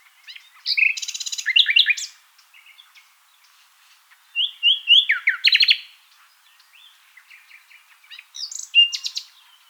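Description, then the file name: Common nightingale delivering three loud song phrases of mixed whistles, buzzes and rapid repeated notes, with short silences between each strophe. "Luscinia megarhynchos"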